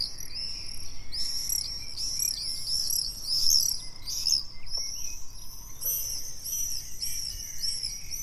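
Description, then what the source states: Common swift screaming calls, dense shrill high trills from a group, with faint lower chirps and a brief click. Calls recorded on 6 June 2014.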